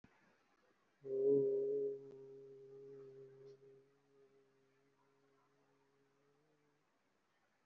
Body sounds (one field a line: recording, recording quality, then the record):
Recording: sustained vowel as in boot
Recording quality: excellent, no background noise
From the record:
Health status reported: COVID-19 positive, moderate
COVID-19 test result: positive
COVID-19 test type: RT-PCR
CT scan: taken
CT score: 5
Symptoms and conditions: cough, breathing difficulty, fever, fatigue, muscle pain, loss of smell and taste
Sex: male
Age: 56 years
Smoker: no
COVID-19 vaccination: both doses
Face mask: worn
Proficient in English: yes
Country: India